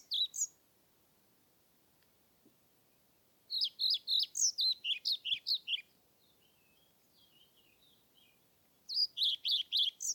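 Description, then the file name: European Pied Flycatcher song in phrases of rhythmic, high notes: a short bit at the start, a longer phrase midway, another near the end. Submitted recording from Nordvik, dated 25 May 2021, made with a Zoom recorder. "20210525 svarthvit nordvik zoom"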